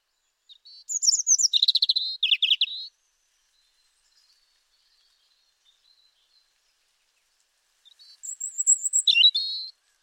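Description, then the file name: European robin song: a short burst of high, thin whistles and rapid trilled notes, then about five seconds of silence before a second high, sweet phrase begins. "Erithacus rubecula"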